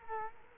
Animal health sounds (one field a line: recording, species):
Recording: mosquito wingbeat signal from an infrared sensor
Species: Culex quinquefasciatus